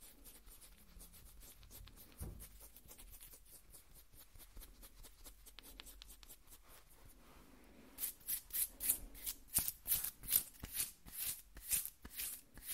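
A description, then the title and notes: Skin scratching, soft and rapid at first, becomes louder and crisper after eight seconds with quick, regular hissing strokes and a brief thump near two seconds. ASMR Skin Scratching 1 Hour (No Talking).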